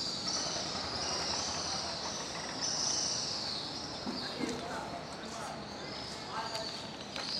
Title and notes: Kolong Walet. Kali ini adalah suara dari anggota keluarga Burung Walet yang bersarang di sudut-sudut beton bawah Jembatan Pasar Sentral Pangkajene